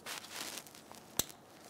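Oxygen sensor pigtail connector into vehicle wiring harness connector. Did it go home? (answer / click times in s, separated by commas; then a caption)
yes / 1.2 s. The plastic wiring connector of a new upstream oxygen sensor on a 1994–2004 Ford Mustang is lined up with the vehicle harness connector and pushed together, with soft rustling and handling noise early on. A single sharp click at 1.2 s marks the connector latching in place, and it is seated.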